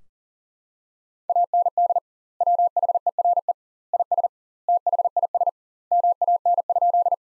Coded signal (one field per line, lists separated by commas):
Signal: Morse code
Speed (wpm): 40 wpm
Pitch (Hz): 700 Hz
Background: none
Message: AND WHERE IS THIS MAN?